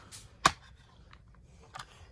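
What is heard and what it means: A plastic push-pin snap holding the removable collar of a collectible electronic 2021 Black Series Darth Vader helmet is pried up and pops free with a sharp snap at 0.5 s, releasing so the collar can be taken off. Faint ticks follow around 1.1 s and 1.3 s, then a softer click near 1.8 s.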